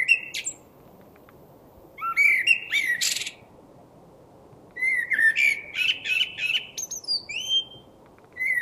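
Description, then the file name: Common blackbird song with rich fluty warbles and thin, high squeaky notes in phrases separated by long silent gaps, then a final phrase starting. "Turdus merula"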